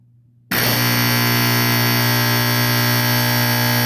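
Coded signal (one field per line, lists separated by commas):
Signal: alarm pattern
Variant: Simplex 4050 electromechanical horn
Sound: after half a second of silence, a loud continuous raspy electromechanical horn buzz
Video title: Fire Alarm Sound Effect #2 - Simplex 4050 + 4050-82 120VAC 1970s Vintage School Fire Alarm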